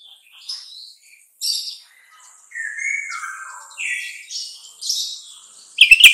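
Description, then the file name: Sooty-headed bulbul singing scattered whistled and chirping phrases with pauses between them, ending in a loud, sharp rattling burst. Song style called trucukan. "suara kutilang trucukan"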